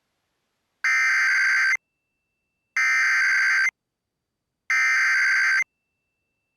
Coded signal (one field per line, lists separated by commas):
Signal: Emergency Alert System (SAME) tones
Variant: header bursts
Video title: (EAS #21) A Powerful and Severe Thunderstorm